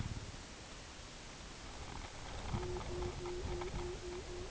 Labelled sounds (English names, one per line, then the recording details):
Pectoral Sandpiper
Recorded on Arctic tundra, site UTQI-5, on 18 June 2019
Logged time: 20:00